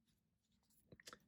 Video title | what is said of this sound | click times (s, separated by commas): Transformers: Beast Machines BUZZSAW Review | like double hinges and kind of snaps into place like that | 1.0 s